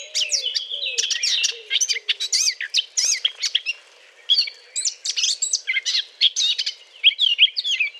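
Eurasian blackcap courtship song: a rapid, dense, scratchy warble of high chattering and twittering notes, running almost without pause and briefly dropping away near the middle.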